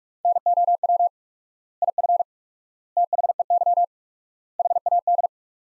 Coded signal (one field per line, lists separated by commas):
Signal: Morse code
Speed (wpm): 47 wpm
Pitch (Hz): 700 Hz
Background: none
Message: NOW IF THEY HAD